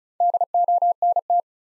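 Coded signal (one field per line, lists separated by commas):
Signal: Morse code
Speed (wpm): 50 wpm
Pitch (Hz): 700 Hz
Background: none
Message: DONT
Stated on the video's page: Speed-Racing Morse practice of the top 300 words, starting fast and slowing to a 35 wpm base; fastest speed is 1.5 times the slowest, final repeat at maximum.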